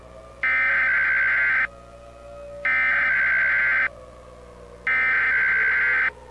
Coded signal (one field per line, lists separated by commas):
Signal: Emergency Alert System (SAME) tones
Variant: header bursts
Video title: A EAS mock I didn’t release for some reason